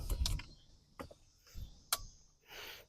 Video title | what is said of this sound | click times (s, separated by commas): 2025 Honda CR-V Sport Touring Hybrid | and then just when you hear the click | 0.3 s, 1.9 s